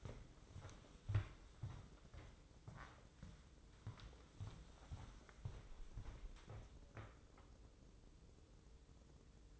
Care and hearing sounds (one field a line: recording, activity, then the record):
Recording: daily activity, microphone in the room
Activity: walk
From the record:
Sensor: 3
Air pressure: 995.9 hPa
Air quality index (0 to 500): 249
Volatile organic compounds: 1000 ppm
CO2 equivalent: 6365 ppm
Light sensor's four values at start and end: 43/104/45/49 and 42/104/45/49